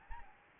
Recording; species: mosquito wingbeat signal from an infrared sensor; Anopheles gambiae